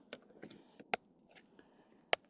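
After the cassette is cleaned off, a plastic lid is pressed onto a Hogg half comb honey cassette, with a few faint taps and handling sounds. Two sharp plastic clicks ring out at 0.9 s and 2.1 s as the lid snaps fully into place.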